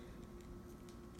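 A plastic disconnect clip is turned onto a push-to-connect pipe fitting, but it fails to engage on the first try. Only faint handling taps are heard over a steady low hum, around 0.9 s and 1.2 s. Nothing has clicked or seated yet.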